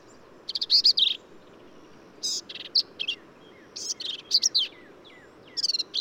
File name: Black-capped Vireo